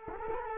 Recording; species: mosquito wingbeat signal from an infrared sensor; Culex quinquefasciatus